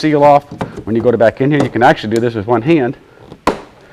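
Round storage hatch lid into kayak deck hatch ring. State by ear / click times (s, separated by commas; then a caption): seated / 3.5 s. A plastic round storage hatch lid, with its seal area wiped clean, is twisted one-handed into a kayak deck hatch ring while someone talks. After the talking stops, a faint tick at 3.3 s is followed by a sharp, loud click at 3.5 s as the lid locks into place.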